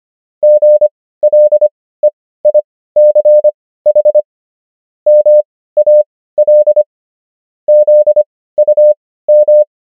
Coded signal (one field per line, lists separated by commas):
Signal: Morse code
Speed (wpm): 25 wpm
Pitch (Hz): 600 Hz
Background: none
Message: GLEICH MAL ZUM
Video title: morse Übung | 25wpm | 16fw | 500 häufigsten Wörter | DEUTSCH